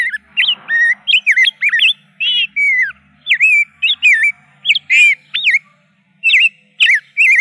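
Rose-breasted grosbeak song of rich, liquid whistles with rising and dropping slurs.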